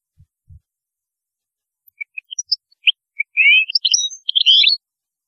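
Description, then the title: European goldfinch song: two soft low taps, then sparse high chirps quickening into a rich burst of twittering and buzzy slurred phrases. "Chant Chardonneret"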